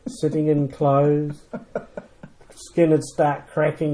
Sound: chuckles